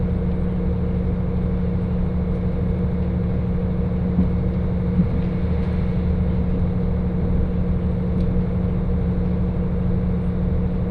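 A train ride on the Hakodate Main Line toward Ikedaen, heard as a steady, heavy low rumble with a constant droning hum layered on top. The level barely changes for the whole stretch, with only a few faint clicks and taps around the middle and near the end.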